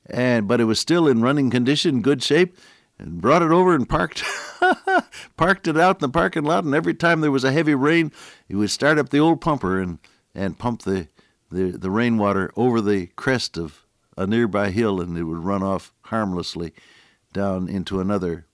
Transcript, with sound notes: but it was still in running condition, good shape, and brought it over and parked [chuckle] it out in the parking lot. And every time there was a heavy rain, we would start up the old pumper and pump the rainwater over the crest of a nearby hill, and it would run off harmlessly down into another